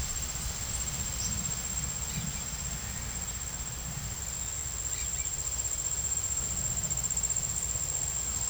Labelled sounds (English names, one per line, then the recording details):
none
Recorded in pastures near Puerto Asís, Putumayo, Colombia, on 4 March 2025 at 16:00
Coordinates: 0.497, -76.327
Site G072